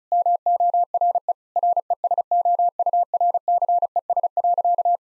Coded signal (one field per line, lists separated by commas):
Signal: Morse code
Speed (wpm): 36 wpm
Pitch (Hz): 700 Hz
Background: none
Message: MORE RESOURCES.